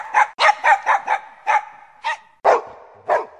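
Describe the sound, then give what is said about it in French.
A pack of ten to twenty dogs following a person on foot, barking in a rapid, overlapping burst of about ten sharp, mid-pitched barks, loud and clear, with brief gaps toward the end and no talking. “Des chiens, 10, 15, 20, en masse, sont là, me suivant pas à pas.”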